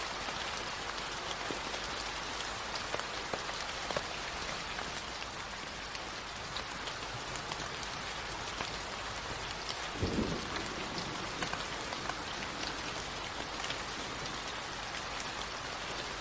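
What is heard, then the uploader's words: Rain falls steadily in a dense, even hiss, with fine drops pattering brightly on a hard surface. The sound holds constant throughout, apart from a brief low thump around ten seconds. No other sounds come through. Serene Rain Sounds. Raindrop, Rainfall In Fores.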